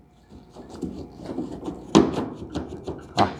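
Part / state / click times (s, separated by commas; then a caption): exterior door handle into car door panel / seated / 1.9 s. A retrofitted modern exterior door handle, on a 1951 Ford custom build with Infiniti G35XS Sport parts, is pushed into its mount in the classic car door panel. After some soft rubbing and tapping from slight binding, it snaps into place with a sharp snap at 2.0 s, followed by a few quieter knocks. The handle is seated.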